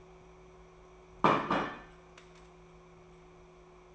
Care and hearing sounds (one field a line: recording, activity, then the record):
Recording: daily activity, microphone in the room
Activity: place plate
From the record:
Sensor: 1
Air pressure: 1015.1 hPa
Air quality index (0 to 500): 199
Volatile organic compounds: 24 ppm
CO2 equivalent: 2815 ppm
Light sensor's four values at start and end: 10/25/10/11 and 10/25/10/11